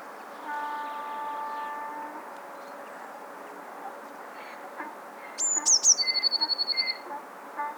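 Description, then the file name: Eurasian blue tit trilled phrase near the end, high notes then a fast ripple, after soft tonal sounds. "Cyanistes caeruleus"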